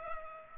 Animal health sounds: mosquito wingbeat signal from an infrared sensor; Culex pipiens

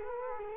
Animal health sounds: mosquito wingbeat signal from an infrared sensor; Culex quinquefasciatus

